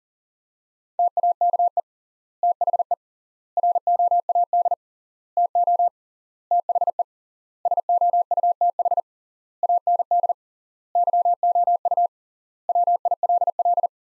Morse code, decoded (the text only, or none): TAKE THE ROAD TO THE SOUTH AND YOU WILL